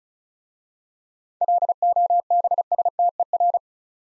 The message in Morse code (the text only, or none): LOBSTER